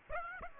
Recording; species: mosquito wingbeat signal from an infrared sensor; Aedes aegypti